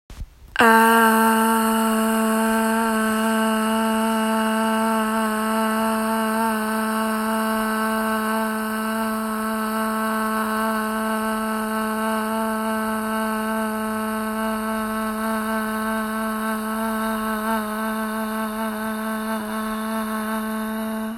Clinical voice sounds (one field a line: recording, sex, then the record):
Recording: sustained vowel /a/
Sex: female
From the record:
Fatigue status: no fatigue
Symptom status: asymptomatic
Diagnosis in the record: COVID-19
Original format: m4a